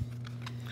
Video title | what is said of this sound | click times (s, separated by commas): ScubaPro Hydros Pro BCD *** Unique Back Inflate but at a price... | the positive lock you heard it when I took it out there a second ago | 0.3 s, 0.5 s